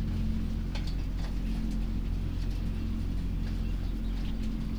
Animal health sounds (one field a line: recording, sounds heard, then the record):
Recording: poultry house recording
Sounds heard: healthy chickens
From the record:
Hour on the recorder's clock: 23